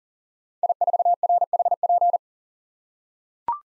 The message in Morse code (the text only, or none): I4RHP